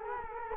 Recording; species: mosquito wingbeat signal from an infrared sensor; Culex quinquefasciatus